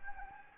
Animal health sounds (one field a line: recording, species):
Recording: mosquito wingbeat signal from an infrared sensor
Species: Anopheles gambiae